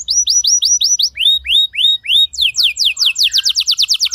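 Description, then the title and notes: Canary singing a run of high slurred notes, then lower curved phrases, ending in a rapid, bright trill of repeated descending notes. Young canary; long-duration song used as a lure recording for training other birds. "Pancingan Kenari Muda Durasi Panjang. masteran kenari"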